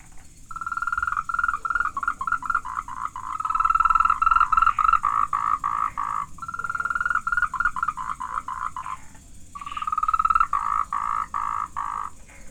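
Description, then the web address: Frog calls in rapid pulsed bursts, a buzzy trilling croak repeated in long runs separated by short pauses, with faint higher harmonics above. "Frogs World"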